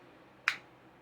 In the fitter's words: oh I like that click it's a very satisfying click